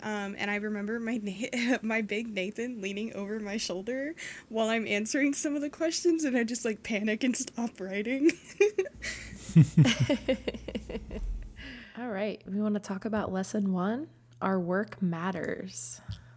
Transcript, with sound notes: And I remember my big Nathan leaning over my shoulder while I'm answering some of the questions and I just like panic and stop writing. (laughs)
All right, we want to talk about lesson one. Our work matters.